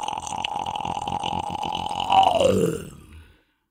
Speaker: High in the canopy, howler monkeys call like Buddhist monks. Chanting deep in the throat.